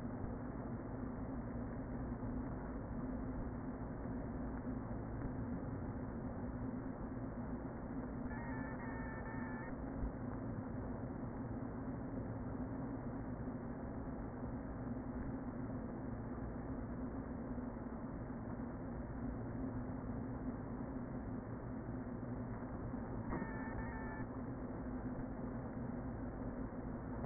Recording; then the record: honeybee colony, microphone inside the hive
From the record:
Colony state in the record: queen present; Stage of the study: before two queens were removed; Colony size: about 60,000 bees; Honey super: yes